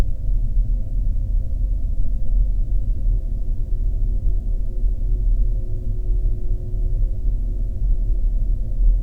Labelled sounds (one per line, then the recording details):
man-made sound
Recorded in the Arctic National Wildlife Refuge, Alaska, on 3 September 2019 at 09:55
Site 48